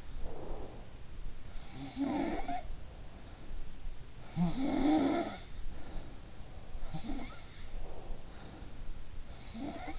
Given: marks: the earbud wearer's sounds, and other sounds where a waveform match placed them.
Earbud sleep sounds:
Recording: sounds in sleep by an in-ear microphone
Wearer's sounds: breath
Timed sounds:
0.00-0.98 s: breath
1.67-3.69 s: sound from someone else or the room
4.16-6.41 s: sound from someone else or the room
6.73-8.86 s: sound from someone else or the room
9.15-9.99 s: sound from someone else or the room

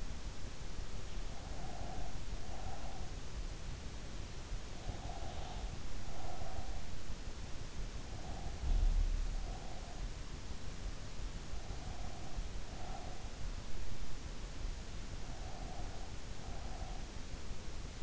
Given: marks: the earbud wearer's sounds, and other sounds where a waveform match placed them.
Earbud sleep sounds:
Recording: sounds in sleep by an in-ear microphone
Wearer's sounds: breath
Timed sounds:
1.38-3.20 s: breath
4.97-6.84 s: breath
8.04-10.02 s: breath
11.73-13.20 s: breath
15.42-17.11 s: breath

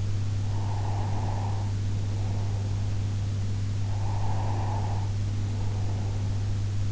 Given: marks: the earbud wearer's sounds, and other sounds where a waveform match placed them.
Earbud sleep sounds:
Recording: sounds in sleep by an in-ear microphone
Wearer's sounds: breath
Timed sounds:
0.33-2.79 s: breath
3.79-6.71 s: breath

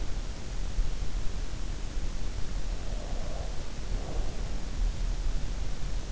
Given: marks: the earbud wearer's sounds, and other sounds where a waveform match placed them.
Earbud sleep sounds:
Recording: sounds in sleep by an in-ear microphone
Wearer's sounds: breath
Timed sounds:
2.39-4.91 s: breath

